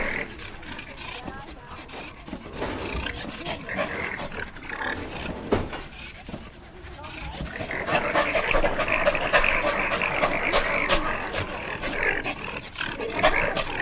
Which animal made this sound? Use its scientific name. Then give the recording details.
Gulo gulo. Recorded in captivity. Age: adult. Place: Zoo Berlin, Berlin, DE. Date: 1959-09-10 16:00. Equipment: Reporter (Vollspur). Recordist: TSA